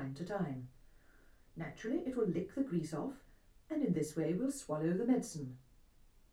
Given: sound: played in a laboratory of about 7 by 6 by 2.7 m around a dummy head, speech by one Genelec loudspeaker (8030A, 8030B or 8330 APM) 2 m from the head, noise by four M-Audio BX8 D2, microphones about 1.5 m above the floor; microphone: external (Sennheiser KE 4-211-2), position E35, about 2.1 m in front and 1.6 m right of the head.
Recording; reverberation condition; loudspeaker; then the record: female speech in English; low; 120 degrees to the right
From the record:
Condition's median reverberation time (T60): about 310 ms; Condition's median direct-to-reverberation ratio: about 3.5 dB